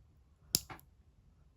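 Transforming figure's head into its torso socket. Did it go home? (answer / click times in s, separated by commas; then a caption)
yes / 0.5 s. The head of a plastic Studio Series Bumblebee Movie Soundwave transforming robot figure is pushed down into its torso socket during transformation; it must snap so the back fits cleanly. A sharp, bright snap at 0.6 s locks it into place, followed by two fainter clicks at about 0.7 and 0.8 s. The head is confirmed seated.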